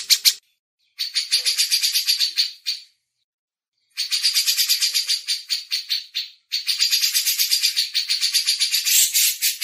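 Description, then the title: Grey-cheeked bulbul uttering several bursts of dense, rasping high notes delivered about four per second, separated by short pauses. Masteran recording: training audio for songbirds. "MASTERAN CUCAK JENGGOT"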